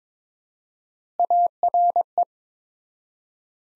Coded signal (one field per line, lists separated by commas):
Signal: Morse code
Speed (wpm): 22 wpm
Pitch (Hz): 700 Hz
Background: none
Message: ARE